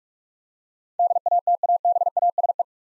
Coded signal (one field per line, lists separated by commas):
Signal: Morse code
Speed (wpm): 46 wpm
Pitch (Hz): 700 Hz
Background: none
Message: DATABASE